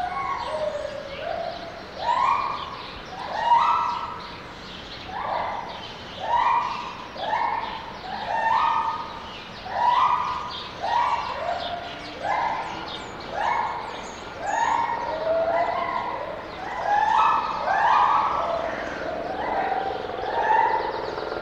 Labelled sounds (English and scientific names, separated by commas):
Lar Gibbon (Hylobates lar)